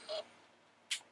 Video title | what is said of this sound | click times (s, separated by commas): Marvel Legends: Gwen Stacy ('Retro' Spider-Man Wave) - TOY REVIEW | there we go sequence pops into place | 0.9 s